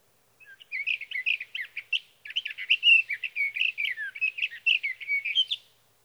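Sage thrasher song: long flowing warble of varied chattering and slurred notes, broken by one short pause, continuing about five seconds in a quiet setting.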